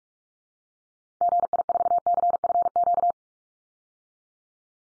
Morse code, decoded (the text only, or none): GI4CFQ